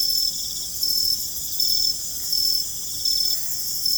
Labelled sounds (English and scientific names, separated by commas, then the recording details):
none
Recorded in secondary vegetation near Puerto Asís, Putumayo, Colombia, on 21 December 2024 at 20:30
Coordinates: 0.468, -76.324
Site G095